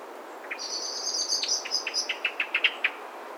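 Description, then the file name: Common blackbird: a high thin twittering phrase, a sustained squeaky run followed by a quick series of sharp chirps. "Turdus merula"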